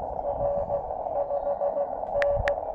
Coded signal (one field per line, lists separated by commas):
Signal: Morse code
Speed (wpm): 18 wpm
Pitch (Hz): 590 Hz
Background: none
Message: R 5N